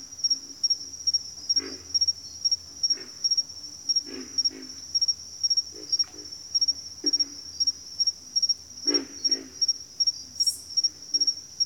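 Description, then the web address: Pig frogs giving repeated coarse, low grunts, some in pairs, with a continuous high insect hum and one brief sharp chirp near the end. "Sounds of Nature Collection. Pig Frogs"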